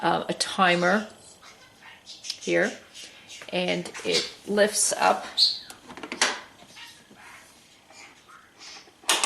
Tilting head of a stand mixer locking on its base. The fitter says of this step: and then locks in place here